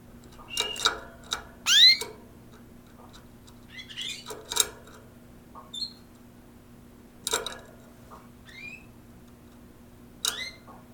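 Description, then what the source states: Canary calls: scattered short bright chirps and rising sweeps, some sharp upward slurs, interspersed with soft clicks and brief pauses over a steady faint low hum. Canaries, recorded with a coincident pair of Electro-Voice RE510 microphones.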